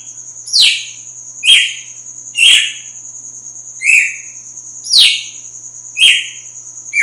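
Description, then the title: Red-cowled cardinal song: several loud notes about one per second, sharp and descending, with a thin continuous tone behind. Female; sings strongly at dawn after the moult. "Canto Galo Campina Fêmea. GALO DE CAMPINA AÇOITA FORTE NA MADRUGADA DEPOIS DA MUDA"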